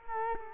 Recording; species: mosquito wingbeat signal from an infrared sensor; Culex quinquefasciatus